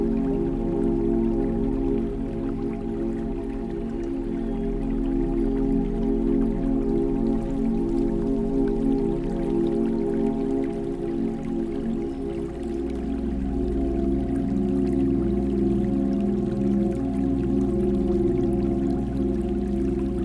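A steady river flows with soft drips and trickles, layered over a sustained low musical drone of held tones that shift gently midway.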